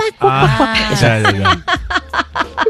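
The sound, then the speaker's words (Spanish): A voice imitates a duck quacking in a radio show jingle used daily: a drawn-out, nasal, wavering call followed by a quick run of short, punchy quacks, loud and fairly high-pitched. “Y el video lo oigo y es la cortina que usamos nosotros. ¿Cuál será? Diariamente. Pero la que eso dice cuac, cuac, cuac, guau.”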